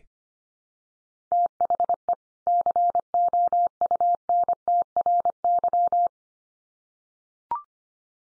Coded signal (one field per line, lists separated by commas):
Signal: Morse code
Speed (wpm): 25 wpm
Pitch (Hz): 700 Hz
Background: none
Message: THE COUNTRY